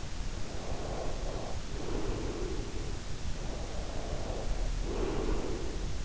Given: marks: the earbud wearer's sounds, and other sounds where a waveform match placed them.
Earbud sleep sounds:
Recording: sounds in sleep by an in-ear microphone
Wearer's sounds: breath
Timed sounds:
0.49-3.11 s: breath
3.43-6.05 s: breath

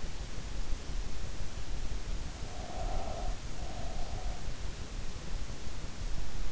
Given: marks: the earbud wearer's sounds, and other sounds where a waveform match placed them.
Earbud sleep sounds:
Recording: sounds in sleep by an in-ear microphone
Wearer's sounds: breath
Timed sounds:
2.43-4.39 s: breath

